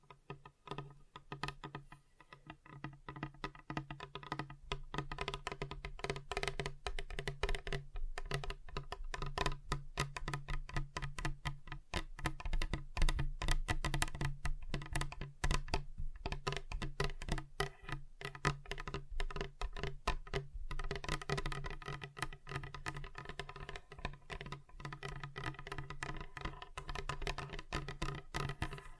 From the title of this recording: Table Tapping Different Surfaces